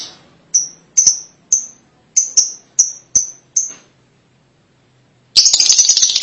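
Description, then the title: Lovebird chirps: a run of sharp, high, clipped notes a little more than two a second, then silence and a sudden burst of harsh buzzy chatter. "BM Suara Burung Lovebird"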